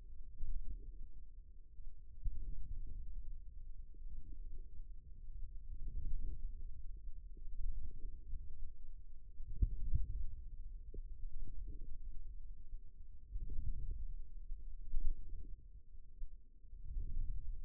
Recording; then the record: forearm muscle sounds (acoustic myography)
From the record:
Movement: outward rotation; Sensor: system 2, bracelet of six BSWA MPA416 microphones around the upper forearm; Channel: 3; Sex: male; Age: 22 years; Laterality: right